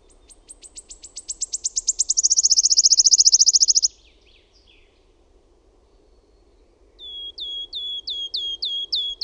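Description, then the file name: Wood warbler song: accelerating high ticks merge into a sizzling trill, then after a pause a series of clear, falling piping notes repeated several times. "SIRITTAJA"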